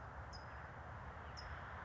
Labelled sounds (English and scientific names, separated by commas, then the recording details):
California Towhee (Melozone crissalis)
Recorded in Sonoma County, California